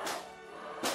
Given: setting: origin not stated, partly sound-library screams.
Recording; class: one-second piece from a danger detection set; woman in danger